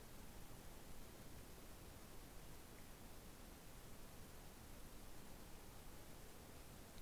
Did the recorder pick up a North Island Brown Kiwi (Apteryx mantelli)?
no